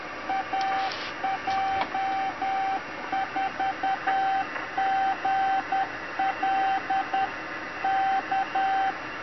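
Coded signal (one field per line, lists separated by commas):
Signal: Morse code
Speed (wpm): 10 wpm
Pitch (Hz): 770 Hz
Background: radio noise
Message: AJ4GL K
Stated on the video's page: Morse keyed automatically by an Arduino Nano driving a straight-key-style keyer that sends stored messages.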